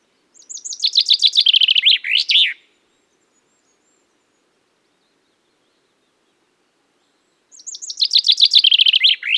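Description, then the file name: Common chaffinch singing twice: a rapid, descending series of bright notes closing with a quick flourish, then, about five seconds later, a second similar phrase cut off at the end. "Fringilla coelebs"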